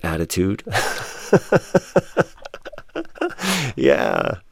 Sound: laughter

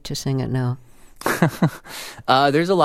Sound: laughter

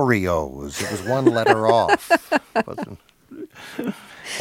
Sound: laughter

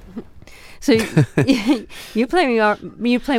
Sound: laughter

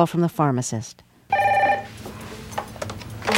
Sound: soundbite of phone ringing

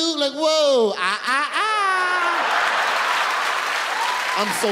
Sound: laughter

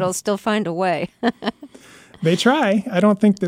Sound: soundbite of laughter

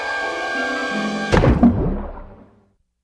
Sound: soundbite of something falling with a clunk

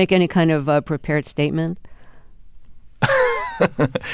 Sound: laughter

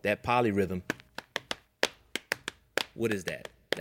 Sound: clapping

